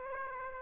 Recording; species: mosquito wingbeat signal from an infrared sensor; Aedes aegypti